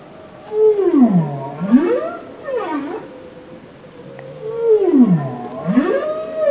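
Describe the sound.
Bowhead whale song: a loud swooping moan that falls then rises in a U shape with rich harmonics, followed by a shorter, higher dip; the phrase repeats after a short pause.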